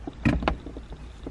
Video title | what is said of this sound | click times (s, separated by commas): 2009-2020 Dodge Journey - Map Light Bulb Replacement | take your cover, latch it back over top there, and then just press until that snaps back into place. | 0.3 s, 0.5 s